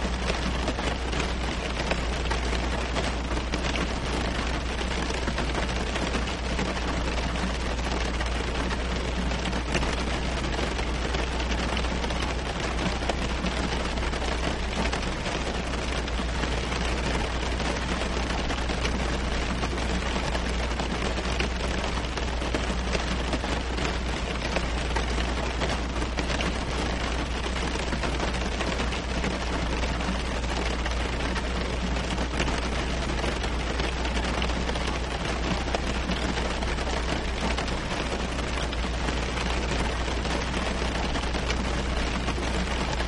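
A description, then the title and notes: Rain falls steadily on leaves and windows, a dense, even patter that never lets up across the whole recording. Countless crisp drop taps fill the sound, sitting over a low, constant hum at the bottom with no distinct events standing out. Serene Rain Shower. Raindrops falling on leaves and trickling down windows.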